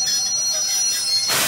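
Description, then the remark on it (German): A train arriving at Prague main station: its wheels squeal in sustained high-pitched tones over a steady rumble, ending in a sudden broad hiss like air brakes releasing. “Da wären wir. Prag, Hauptbahnhof.”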